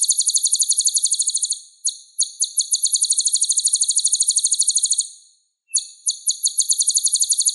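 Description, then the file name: Sunbird song: long, very high, sizzling trills, broken by brief gaps and one longer pause, each trill made of rapid even pulses. Song used as a lure to draw birds into calling. "suara burung madu untuk memancing bunyi"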